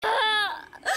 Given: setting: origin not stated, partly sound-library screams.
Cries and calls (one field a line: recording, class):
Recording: one-second piece from a danger detection set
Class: woman in danger